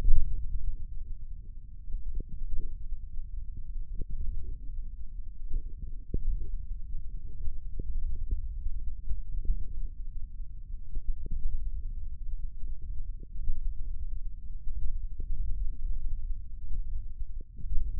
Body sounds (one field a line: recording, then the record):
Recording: forearm muscle sounds (acoustic myography)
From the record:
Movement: thumb flexion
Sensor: system 1, eight BSWA MPA416 microphones around the upper forearm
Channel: 5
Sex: male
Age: 28 years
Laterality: right